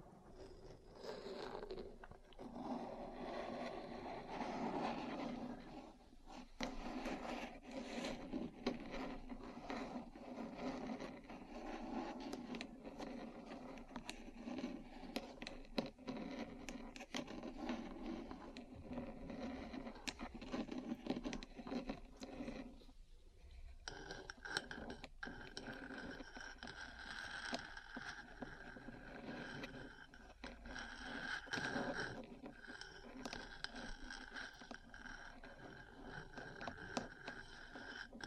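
Metal parts are tapped and scratched in a dense, busy stream of clicks and scrapes that runs nearly the whole time. The first part is lower and rougher; after a brief lull near 23 seconds the sound turns brighter and thinner, with ringing metallic tones.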